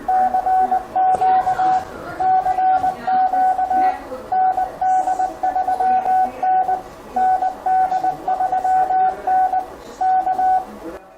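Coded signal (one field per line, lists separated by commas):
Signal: Morse code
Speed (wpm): 20 wpm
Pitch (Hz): 750 Hz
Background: radio noise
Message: CQ CQ ND3N ND3N K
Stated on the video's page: CW sent from a Yaesu FT-991A into a dummy load during setup.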